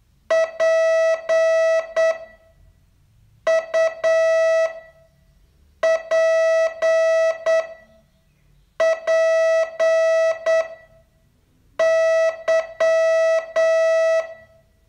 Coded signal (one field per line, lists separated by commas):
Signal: Morse code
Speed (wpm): 8 wpm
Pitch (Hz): 650 Hz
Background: none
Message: PUPPY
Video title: Learn Morse in 42 Days from VU2LAU - day 31 test